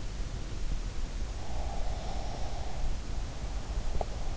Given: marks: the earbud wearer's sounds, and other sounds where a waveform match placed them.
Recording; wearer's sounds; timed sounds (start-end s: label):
sounds in sleep by an in-ear microphone; breath
1.59-4.27 s: breath